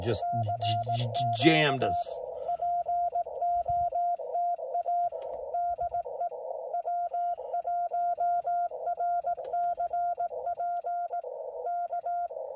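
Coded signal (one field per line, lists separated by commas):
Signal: Morse code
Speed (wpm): 18 wpm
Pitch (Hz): 700 Hz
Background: speech, radio noise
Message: CQ POTA DE W1RCP K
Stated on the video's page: CW on a POTA park activation, sent without a key or paddle because the key was forgotten.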